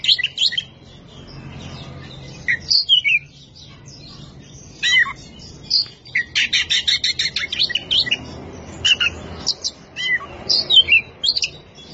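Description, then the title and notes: Oriental magpie-robin song, varied phrases of sharp chirps, downslurred whistles and rapid buzzy trills, with short pauses between bursts over a low steady hum. Champion singing bird. "Kicau Burung Kacer Juara. Suara Kicauan Burung Kacer Juara"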